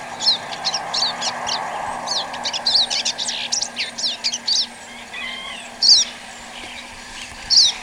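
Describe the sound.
Bird song: rapid high twittering for several seconds, then sparse single bright squeaky notes after short pauses.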